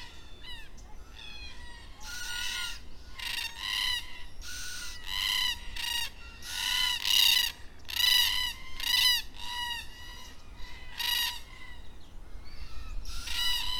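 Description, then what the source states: Black cockatoos giving many rasping, wailing calls in quick succession, loud and irregular throughout. Black cockatoos at dusk in Perth.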